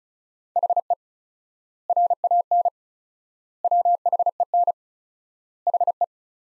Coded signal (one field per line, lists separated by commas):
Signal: Morse code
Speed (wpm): 36 wpm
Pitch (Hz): 700 Hz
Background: none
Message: HE RAN WHEN HE